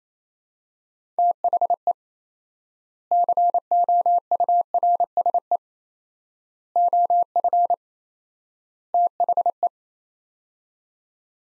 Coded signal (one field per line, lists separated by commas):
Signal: Morse code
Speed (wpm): 27 wpm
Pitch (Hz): 700 Hz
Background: none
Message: THE COURSE OF THE